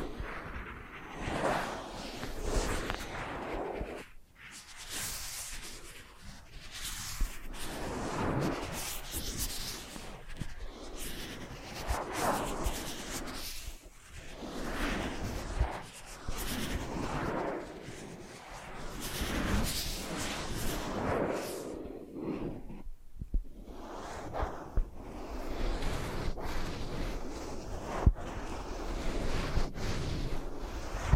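Close-up ear scratching and brushing sounds, a steady run of soft, dense rubbing and swishing strokes that swell and fade every second or two. Brief pauses come near 4 and 23 seconds, and scattered small taps and clicks appear throughout, with no talking.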